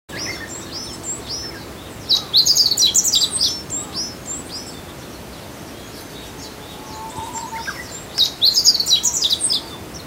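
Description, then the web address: Meadow bunting song: two short bursts of rapid, high, varied chirping notes a few seconds apart, separated by quieter background hiss and faint calls. Recorded at Azamidani, Japan, on a walk. "azamidani sound bird 05 houzirow"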